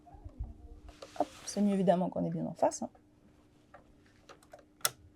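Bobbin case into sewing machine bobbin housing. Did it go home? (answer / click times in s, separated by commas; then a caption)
yes / 4.9 s. A threaded bobbin case is lined up squarely and pushed into its bobbin housing in a sewing machine. Someone talks over a steady low hum, followed by small handling taps. At 4.9 s a sharp click is heard as the case snaps in and seats.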